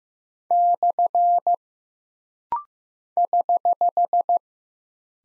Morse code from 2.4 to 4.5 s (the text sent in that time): <HH>